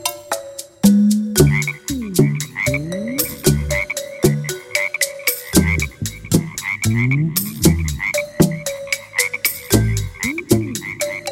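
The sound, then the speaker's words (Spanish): A frog croaks over and over in a quick, steady rhythm, each loud, raspy call ringing with a slight rising twang, with no voices present. “Abre sus ojos grandes y croa con este ritmo, cri, cri, cri, cri.”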